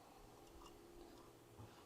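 The wiring plug of an xTool IR laser module is picked up and handled, lined up before being pushed into the laser head's connector. Only faint, steady handling noise over a low hum is heard, with no distinct transients. Nothing has seated or clicked yet.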